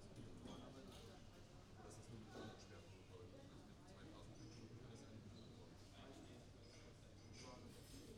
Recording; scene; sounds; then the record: everyday scene through a hearing-aid microphone; many people talking; many voices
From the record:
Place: university cafeteria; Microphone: in the ear canal, right